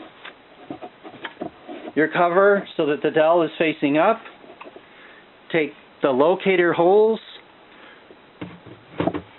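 A Dell OptiPlex 755 DT desktop case cover is picked up and lined up on its locator holes on the PC chassis while someone talks, with a few faint handling taps and knocks in between. The cover has not latched or clicked into place yet; nothing has seated.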